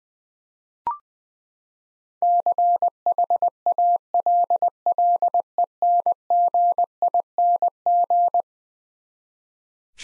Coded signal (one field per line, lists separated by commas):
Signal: Morse code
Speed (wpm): 20 wpm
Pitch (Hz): 700 Hz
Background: none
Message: CHALLENGING